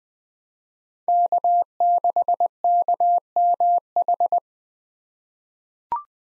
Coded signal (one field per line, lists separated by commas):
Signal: Morse code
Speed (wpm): 21 wpm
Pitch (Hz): 700 Hz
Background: none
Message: K6KMH